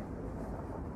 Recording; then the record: background sound without coughing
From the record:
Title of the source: Train Ride Ambience ambient white noise for sleeping, focus, studying, reading